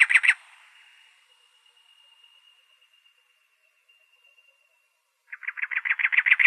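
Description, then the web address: Cactus wren with a short harsh burst, a faint thin steady tone lingering, then another rapid grating rattle of repeated chugging notes. Recorded in Arizona on 2 October 2003. "Sound Library Wrens Kinglets Gnatcatchers AZFO CACW deviche 031002"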